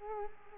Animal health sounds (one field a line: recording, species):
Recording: mosquito wingbeat signal from an infrared sensor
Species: Culex quinquefasciatus